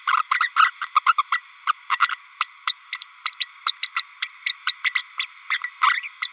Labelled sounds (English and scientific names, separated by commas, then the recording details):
Green-rumped Parrotlet (Forpus passerinus) babbling
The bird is a female
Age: 32 days
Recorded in a nest box in Venezuela
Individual 17B32A5